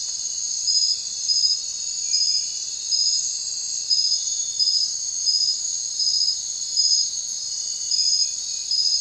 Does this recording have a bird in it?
no